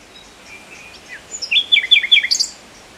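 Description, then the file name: Common nightingale song: a few soft notes lead into a loud run of rapidly repeated slurred whistles ending in a high flourish. "Luscinia megarhynchos"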